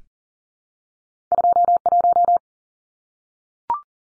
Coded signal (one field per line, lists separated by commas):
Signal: Morse code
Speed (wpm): 40 wpm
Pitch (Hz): 700 Hz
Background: none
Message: 21